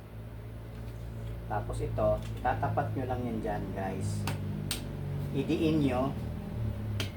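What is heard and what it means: A drawer panel's clip connector is lined up against the adjoining drawer panel and pressed down by hand while someone talks. Brief sharp taps stand out at about 4.7 s and 7.0 s, but the clip has not yet snapped locked and nothing has seated yet.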